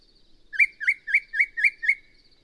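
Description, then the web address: Yellow-breasted Chat song phrase of six upslurred, whistled notes repeated about every quarter second, with a thin high buzz in the background. "birdsongforthecurious songs Yellow-breasted Chat"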